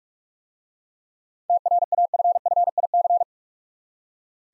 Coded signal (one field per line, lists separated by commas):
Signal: Morse code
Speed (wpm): 44 wpm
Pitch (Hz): 700 Hz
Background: none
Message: TRAFFIC